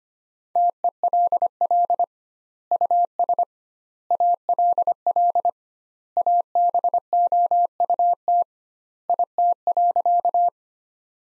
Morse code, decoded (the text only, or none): TELL US ALL ABOUT IT.